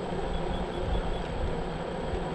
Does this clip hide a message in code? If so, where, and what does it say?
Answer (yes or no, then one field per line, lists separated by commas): no